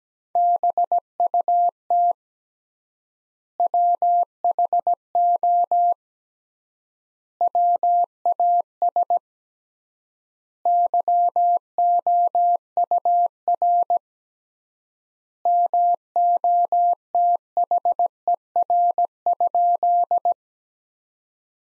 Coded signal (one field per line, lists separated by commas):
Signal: Morse code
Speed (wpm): 17 wpm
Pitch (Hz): 700 Hz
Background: none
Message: BUT WHO WAS YOUR MOTHER?